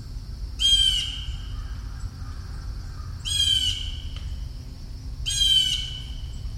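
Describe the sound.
Bird calls, three strong rasping squawks a couple of seconds apart, over a low steady background hum.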